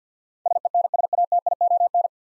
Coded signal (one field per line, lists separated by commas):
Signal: Morse code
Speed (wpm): 50 wpm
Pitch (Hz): 700 Hz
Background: none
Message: SENSATION